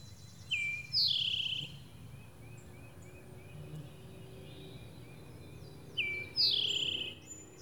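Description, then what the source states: Towhee singing a clipped opening note and then a ringing, buzzy trill, repeated several seconds later, over a low steady rumble. Singing in spring, recorded March 31, 2012.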